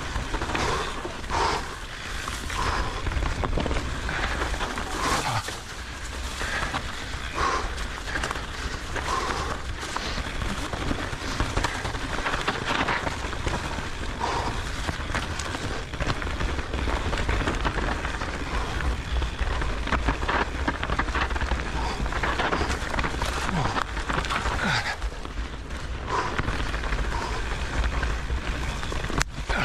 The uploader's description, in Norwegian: Stisykling på fine barfrost-forhold på Sæteråsen utenfor Trondheim